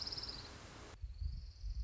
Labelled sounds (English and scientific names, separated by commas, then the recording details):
Orange-crowned Warbler (Leiothlypis celata)
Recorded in Sonoma County, California